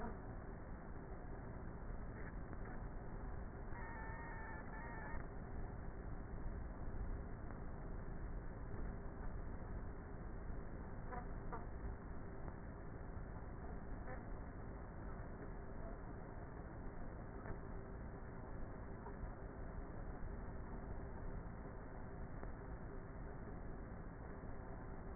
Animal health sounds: honeybee colony, microphone inside the hive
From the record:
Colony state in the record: queenless with a low population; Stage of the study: before two queens were removed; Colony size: about 30,000 bees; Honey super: no

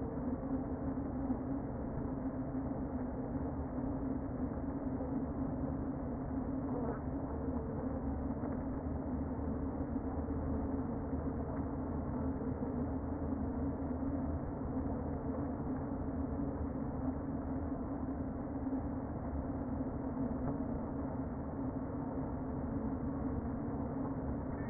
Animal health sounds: honeybee colony, microphone inside the hive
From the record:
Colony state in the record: queen present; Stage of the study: before two queens were removed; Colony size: about 60,000 bees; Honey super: yes

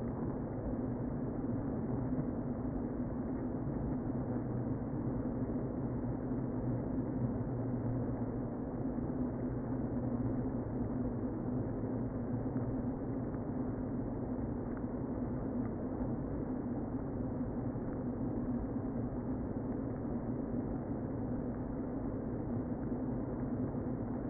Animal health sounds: honeybee colony, microphone inside the hive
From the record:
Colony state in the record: queen present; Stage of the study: before two queens were removed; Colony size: about 60,000 bees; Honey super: yes

